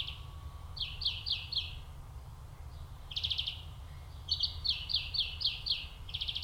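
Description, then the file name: European Greenfinch twittering in bursts of quick buzzy trilled notes, several rapid series separated by short gaps, with a low steady hum behind. "Chloris chloris"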